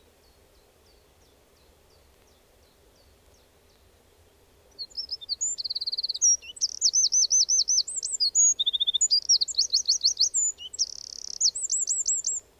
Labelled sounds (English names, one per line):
Eurasian Wren song